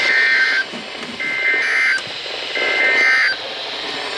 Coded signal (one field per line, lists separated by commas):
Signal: Emergency Alert System (SAME) tones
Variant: end-of-message bursts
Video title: Some Storms (EAS Alerts: #339 - 358) - 3/3/23